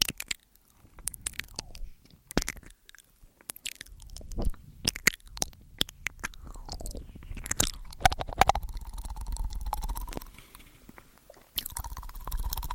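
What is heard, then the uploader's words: Wet ear-eating mouth sounds with sharp clicks and squishes come in irregular bursts, while a thin steady whine rises midway and later. Simple Ear Eating, Complex Tingels ~ ASMR TASCAM.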